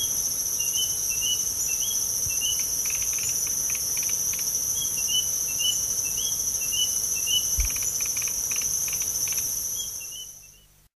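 White-starred robin song, a string of short, soft upslurred whistles in quick succession, over a loud, unbroken high-pitched insect chorus.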